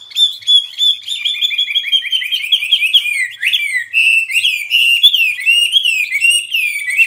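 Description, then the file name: Hwamei song: fast, steady chatter of high whistled notes sliding downward, then broader looping whistles mixed with sharp, scratchy flourishes. Described as an exceptional hwamei in full, energetic song (gacor). "Burung Hwamei Wambi wambie. Gacor"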